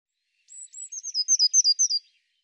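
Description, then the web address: Eurasian blue tit: two high thin notes then a fast string of chattering, slightly downslurred notes that grow louder before stopping. "cianscape birddata Deverinetal 2025 File cleaned normalized Bird Cy Ca"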